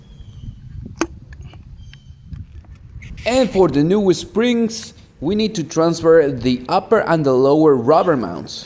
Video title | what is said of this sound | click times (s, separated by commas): HONDA CR-Z REAR SHOCKS AND SPRINGS REPLACEMENT | and the center bushing, and push it until it clicks. | 1.0 s